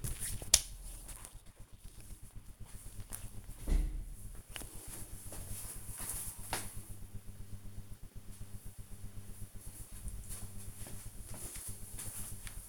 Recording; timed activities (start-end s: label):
household activities, microphone on the right wrist
none